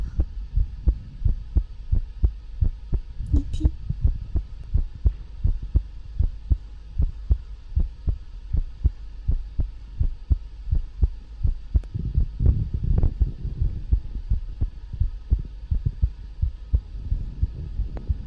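Steady, deep, muffled thumps repeat at about 85 beats a minute over a low steady hum. Brief rustling is audible early on. This is an ordinary heartbeat at a moderate rate, heard close up.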